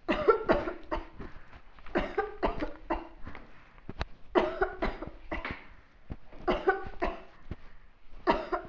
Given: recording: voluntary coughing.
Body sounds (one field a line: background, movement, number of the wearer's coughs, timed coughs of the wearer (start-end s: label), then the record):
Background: quiet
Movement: walking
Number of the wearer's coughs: 12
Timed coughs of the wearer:
0.07-0.38 s: cough
0.46-0.79 s: cough
0.91-1.14 s: cough
1.93-2.33 s: cough
2.40-2.72 s: cough
2.88-3.13 s: cough
4.33-4.66 s: cough
4.80-5.07 s: cough
5.24-5.63 s: cough
6.45-6.78 s: cough
6.99-7.25 s: cough
8.25-8.63 s: cough
From the record:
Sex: female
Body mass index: 18.8 kg/m2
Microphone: on the chest, facing outward